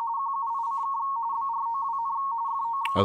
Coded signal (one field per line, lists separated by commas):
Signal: RTTY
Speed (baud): 45.45 baud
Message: QUICK BROWN FOX